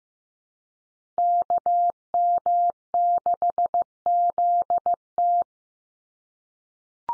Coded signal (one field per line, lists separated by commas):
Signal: Morse code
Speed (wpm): 16 wpm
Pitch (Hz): 700 Hz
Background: none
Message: KM6ZT